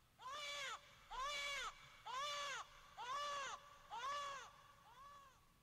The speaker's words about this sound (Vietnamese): Giữa bờ sông hoang lạnh, tiếng khóc kia vang lên, làm cho chị Hợi cứ run lên bần bật.